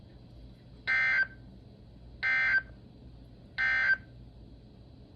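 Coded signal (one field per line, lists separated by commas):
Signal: Emergency Alert System (SAME) tones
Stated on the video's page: Compilation of severe storm and tornado warnings received from several NOAA weather radio transmitters in Ohio, Kentucky, Indiana and Pennsylvania.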